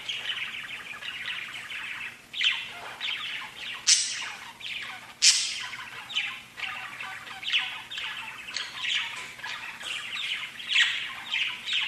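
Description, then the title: Budgerigar calls, busy chattering with intermittent loud sharp chirps and squawks. "Budgie Sounds"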